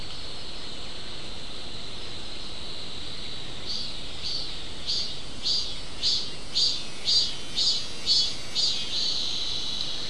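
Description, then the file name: Insect chorus: a steady high drone, joined partway through by faint buzzy chirps repeating about twice per second. "mainly insect"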